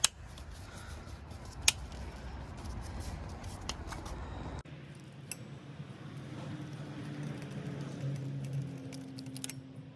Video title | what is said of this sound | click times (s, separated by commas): HOW TO CHANGE STEERING WHEEL POSITION ANGLE SENSOR ON A 2007 - 2013 CHEVROLET SILVERADO | Make sure it clicks everywhere. | 0.0 s, 1.7 s, 5.3 s